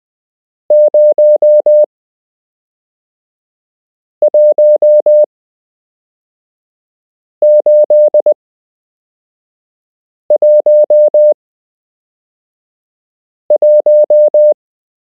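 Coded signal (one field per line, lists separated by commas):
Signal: Morse code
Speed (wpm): 20 wpm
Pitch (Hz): 600 Hz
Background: none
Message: 01811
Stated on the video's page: Beginner Morse code lesson from a structured course, part 7 of 8.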